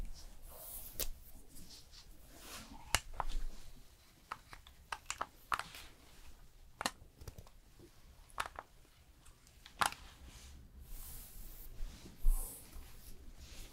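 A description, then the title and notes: A fast haircut and styling: quick, irregular snips and clicks scattered throughout, with occasional soft hissy bursts and faint low rumble underneath. ASMR Professional Fast Haircut & Hair Styling No Talking.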